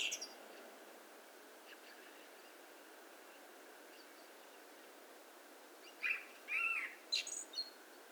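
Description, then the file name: Eurasian blackbird heard faintly at first, then a brief clear phrase near the end: a few whistled notes and a high twittering flourish over a soft hiss. "Turdus merula"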